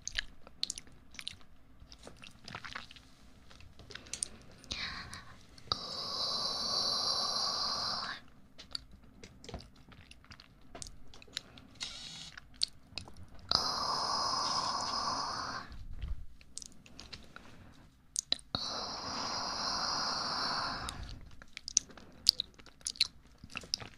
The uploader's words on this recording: ASMR Super tingly Mouth sounds.